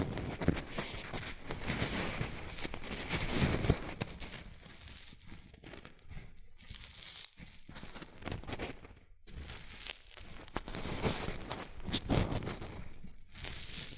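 Shredded tissue and packing peanuts rustle and crinkle continuously, dense crackly bursts swelling and easing, with brief near-silent gaps around nine seconds.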